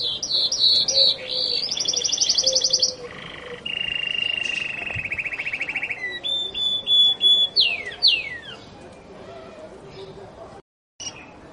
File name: kenarigloster omkicau